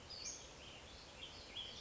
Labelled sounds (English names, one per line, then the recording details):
Western Flycatcher
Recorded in Sonoma County, California